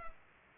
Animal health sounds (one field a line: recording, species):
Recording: mosquito wingbeat signal from an infrared sensor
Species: Culex pipiens